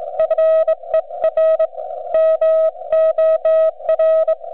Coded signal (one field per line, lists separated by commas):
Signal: Morse code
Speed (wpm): 22 wpm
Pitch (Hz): 640 Hz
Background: none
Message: FER MOR